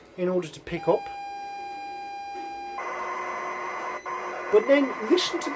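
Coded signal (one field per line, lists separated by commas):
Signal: ZX Spectrum tape loading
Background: speech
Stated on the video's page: ZX Spectrum tape loading sequences from various games, including inventive and odd loading methods.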